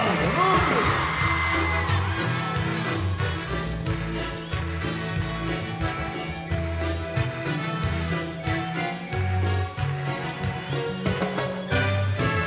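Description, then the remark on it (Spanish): A woman's high, piercing scream rises from a concert crowd at a 2010 live show at the Gran Rex, quickly swallowed by loud live music with a heavy, pulsing bass line that continues throughout. “Y el grito de la chica.”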